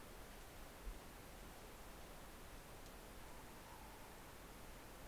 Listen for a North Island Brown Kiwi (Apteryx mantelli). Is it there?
no